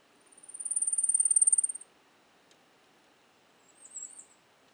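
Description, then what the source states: Blackpoll warbler song: a very high, thin series of rapid ticking notes that swells louder then fades over about one and a half seconds, followed later by a brief high call. On Mount Mansfield.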